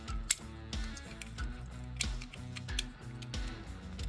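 A plastic shoulder pad section is slid onto a transforming robot toy body, and its small round tab fits under a ledge. A sharp click at 0.3 s marks the tab locking into place, with background music playing and a few lighter plastic ticks after it. The shoulder pad is seated.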